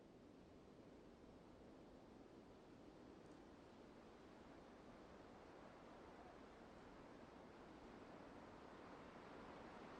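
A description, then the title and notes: Wind blows in a steady, dense rush, rolling and hissing without any clear gusts or breaks. The sound is full and close, heaviest in the low and middle range, and grows slightly louder toward the end. No other distinct events stand out. The sounds of the wind.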